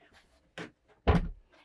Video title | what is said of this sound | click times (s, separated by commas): TAB 400 by nuCamp RV 2023 Model | don't have to be strong at all and you just want to push them out and you'll hear a little click when they go into place | 0.6 s